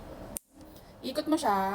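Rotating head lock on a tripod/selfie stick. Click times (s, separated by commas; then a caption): 0.4 s. Someone locks the rotating, gimbal-style head of a tripod/selfie stick again after showing it turning freely, and a single short, sharp click sounds at 0.4 s as the lock seats. Someone talks before and after the click.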